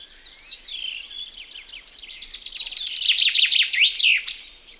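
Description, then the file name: Common chaffinch delivering one loud trill of slurred notes that ends abruptly with a flourish, over soft bird chatter. "metsvint"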